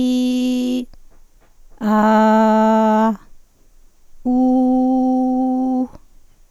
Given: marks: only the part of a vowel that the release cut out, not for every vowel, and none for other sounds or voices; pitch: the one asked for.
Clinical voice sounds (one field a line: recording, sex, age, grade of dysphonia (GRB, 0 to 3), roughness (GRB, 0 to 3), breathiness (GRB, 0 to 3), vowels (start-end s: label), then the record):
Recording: sustained vowels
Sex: female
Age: 50 to 59 years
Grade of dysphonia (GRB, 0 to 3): 0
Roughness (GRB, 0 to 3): 0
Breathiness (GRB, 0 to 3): 0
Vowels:
0.00-0.72 s: vowel /i/, normal pitch
1.96-3.03 s: vowel /a/, normal pitch
4.38-5.73 s: vowel /u/, normal pitch
From the record:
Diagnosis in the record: hyperfunctional dysphonia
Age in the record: 57 years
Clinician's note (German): Leichte Tendenz dazu mit Teleangieektasien